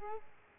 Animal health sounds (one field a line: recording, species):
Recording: mosquito wingbeat signal from an infrared sensor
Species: Culex quinquefasciatus